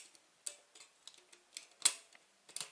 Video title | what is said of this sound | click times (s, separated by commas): Beretta 92 A-1 Disassembly and Reassembly | you slide everything together, clicks into place. | 1.9 s